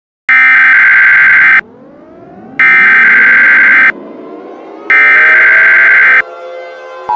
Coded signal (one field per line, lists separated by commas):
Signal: Emergency Alert System (SAME) tones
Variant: header bursts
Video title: EAS Scenario 31: A Nighttime surprise